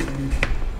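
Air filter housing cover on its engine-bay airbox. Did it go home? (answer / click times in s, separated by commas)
released / 0.4 s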